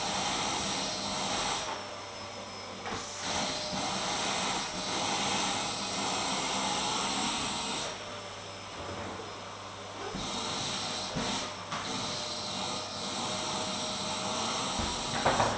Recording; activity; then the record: daily activity, microphone in the room; vacuum cleaning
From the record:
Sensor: 3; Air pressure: 995.2 hPa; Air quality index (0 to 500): 68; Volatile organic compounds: 4 ppm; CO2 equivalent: 1538 ppm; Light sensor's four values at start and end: 17/52/22/19 and 18/52/22/19